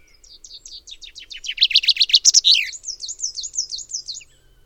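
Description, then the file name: Common chaffinch song: a rapid series of descending notes growing louder into a flourish, then a quieter series of notes trailing off. "Fringilla coelebs"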